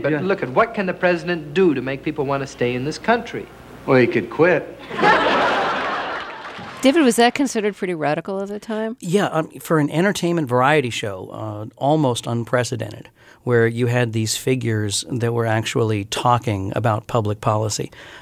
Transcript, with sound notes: But, look it, what can the president do to make people want to stay in this country?
Well, he could quit.
(Soundbite of laughter) David, was that considered pretty radical at the time?
Yeah, for an entertainment variety show, almost unprecedented, where you had these figures that were actually talking about public policy.